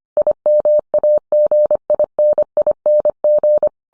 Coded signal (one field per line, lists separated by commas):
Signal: Morse code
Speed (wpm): 25 wpm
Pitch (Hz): 600 Hz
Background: none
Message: IMAGINING